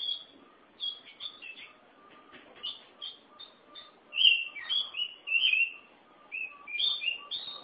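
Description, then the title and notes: Oriental magpie-robin song of varied whistled phrases, becoming louder and more elaborate, over a faint repeated lower tone in the background. "Suara Kicauan Burung Kacer Durasi Panjang. Suara kicauan burung kacer format mp3 durasi panjang"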